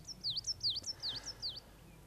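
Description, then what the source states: Coal Tit song: high, thin swooping notes repeated rapidly in several quick phrases, over a faint low hum. Nature sound of the week on Yle, presented by Juha Laaksonen.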